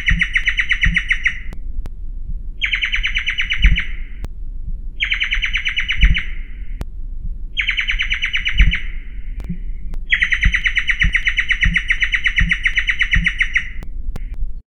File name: suara giant antshrike. omkicau